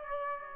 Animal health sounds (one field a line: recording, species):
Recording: mosquito wingbeat signal from an infrared sensor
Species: Aedes aegypti